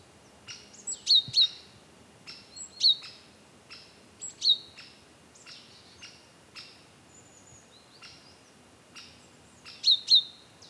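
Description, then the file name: Great tit giving high, clipped two-note phrases at irregular intervals, with softer chips and other faint bird notes around them. "Parus major"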